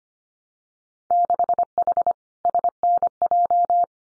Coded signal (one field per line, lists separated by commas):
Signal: Morse code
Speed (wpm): 25 wpm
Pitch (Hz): 700 Hz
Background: none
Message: 6H SNJ